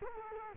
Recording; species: mosquito wingbeat signal from an infrared sensor; Culex quinquefasciatus